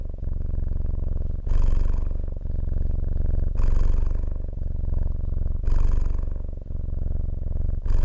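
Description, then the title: Cat purr, a continuous low vibrating hum alternating between quieter phases and stronger, brighter ones about every two seconds. "Cat Purring"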